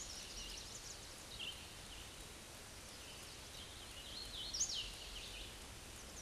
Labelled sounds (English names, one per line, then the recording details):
Hooded Warbler song
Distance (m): 25 m
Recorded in a Pennsylvania forest on 18 May 2023 at 11:02
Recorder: AudioMoth, point grid1_13_low
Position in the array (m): 132 m, 105 m